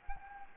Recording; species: mosquito wingbeat signal from an infrared sensor; Anopheles gambiae